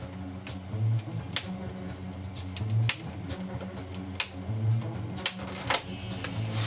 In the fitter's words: I just put a little out pressure you'll hear a click when it releases